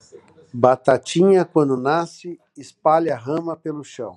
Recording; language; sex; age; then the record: short text; Brazilian Portuguese; male; 50 to 59 years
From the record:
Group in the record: control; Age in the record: 56 years